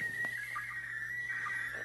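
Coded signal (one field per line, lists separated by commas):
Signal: SSTV (slow-scan television)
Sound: high warbling tone near 1.9 kHz with brief lower chirps, over a buzzing hum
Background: radio static, mains hum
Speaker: okay we're getting an image but for some reason uh it shifted here towards the middle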